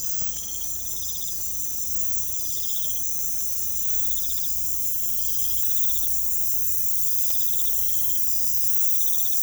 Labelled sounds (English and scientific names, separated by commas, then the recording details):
none
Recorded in secondary vegetation near Puerto Asís, Putumayo, Colombia, on 18 December 2024 at 02:30
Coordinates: 0.468, -76.324
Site G095